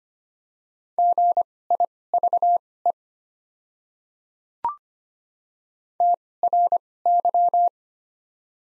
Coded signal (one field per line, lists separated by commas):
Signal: Morse code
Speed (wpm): 25 wpm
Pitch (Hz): 700 Hz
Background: none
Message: GIVE TRY